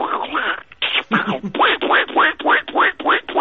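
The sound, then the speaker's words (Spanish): A voice imitates Donald Duck, sputtering a rapid string of raspy, nasal quacking syllables in an uneven rhythm, with a brief pause early on before the squawks pick up again. “Bueno, yo te voy a proponer, que yo sé que algunos personajes los imitas muy bien, a ver qué tal el Pato Donald, cómo se te da.”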